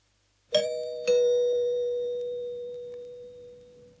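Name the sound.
doorbell ringing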